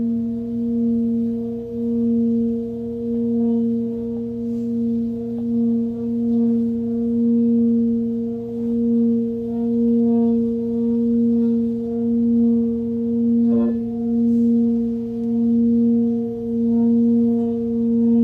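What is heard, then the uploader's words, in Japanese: A singing bowl rings in a long, unbroken drone, its low hum and a clear higher tone holding steady throughout. The sound swells and eases in a slow, regular pulse. Faint light clicks come now and then, with a small knock near thirteen seconds. メキシコから シンギングボウルのサウンドヒーリング。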